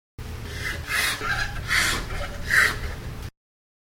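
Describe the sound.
Rhinoceros snorting, three breathy, rasping bursts of air less than a second apart, each swelling and fading, over a low rumbling background.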